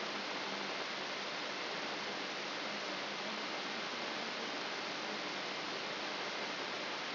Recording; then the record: brain microelectrode recording played as sound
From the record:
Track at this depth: outside the subthalamic nucleus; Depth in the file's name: 5.501 mm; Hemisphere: left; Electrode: 3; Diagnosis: Parkinson's disease